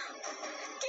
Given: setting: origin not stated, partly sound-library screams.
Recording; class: one-second piece from a danger detection set; woman in danger